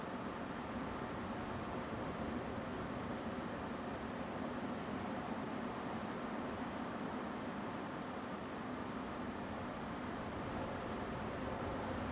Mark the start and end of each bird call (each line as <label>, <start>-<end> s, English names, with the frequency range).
Song Thrush (6.6-10.0 kHz), 5.55-5.59 s
Song Thrush (7.1-9.9 kHz), 6.58-6.63 s